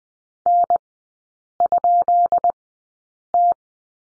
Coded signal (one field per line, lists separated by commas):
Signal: Morse code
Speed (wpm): 20 wpm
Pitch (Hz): 700 Hz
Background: none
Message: N?T